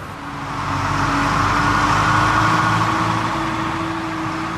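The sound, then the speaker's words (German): An old red Ursus tractor chugs steadily along a narrow country road among fields in Żurawów, Poland, in mid-June 2014, its engine a continuous low, rumbling drone with a faint tonal hum, fairly loud and unchanging for the whole stretch, with no voices. “Gemächlich tuckert ein alter Traktor über die schmale Landstraße.”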